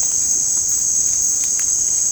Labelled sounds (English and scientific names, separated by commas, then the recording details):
none
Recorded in secondary vegetation near Puerto Asís, Putumayo, Colombia, on 22 December 2024 at 18:30
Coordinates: 0.481, -76.318
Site G042